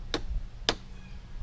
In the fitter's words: gonna have to go up underneath here a little bit and kind of pry up you're gonna hear some snapping and